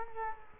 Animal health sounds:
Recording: mosquito wingbeat signal from an infrared sensor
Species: Culex quinquefasciatus

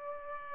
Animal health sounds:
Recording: mosquito wingbeat signal from an infrared sensor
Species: Aedes aegypti

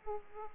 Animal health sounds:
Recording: mosquito wingbeat signal from an infrared sensor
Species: Aedes aegypti

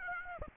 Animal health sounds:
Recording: mosquito wingbeat signal from an infrared sensor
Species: Aedes aegypti

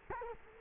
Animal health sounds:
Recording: mosquito wingbeat signal from an infrared sensor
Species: Culex quinquefasciatus

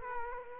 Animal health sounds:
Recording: mosquito wingbeat signal from an infrared sensor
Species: Culex quinquefasciatus

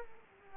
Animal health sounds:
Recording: mosquito wingbeat signal from an infrared sensor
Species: Culex quinquefasciatus

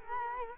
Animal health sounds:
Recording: mosquito wingbeat signal from an infrared sensor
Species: Culex quinquefasciatus

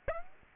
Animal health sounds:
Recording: mosquito wingbeat signal from an infrared sensor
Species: Aedes aegypti

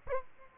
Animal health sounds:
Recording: mosquito wingbeat signal from an infrared sensor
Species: Aedes albopictus

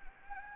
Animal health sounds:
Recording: mosquito wingbeat signal from an infrared sensor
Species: Anopheles gambiae

